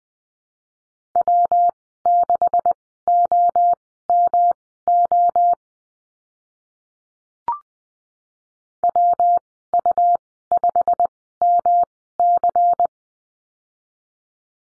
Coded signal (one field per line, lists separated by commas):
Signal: Morse code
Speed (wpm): 20 wpm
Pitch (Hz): 700 Hz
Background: none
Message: W6OMO WU5MC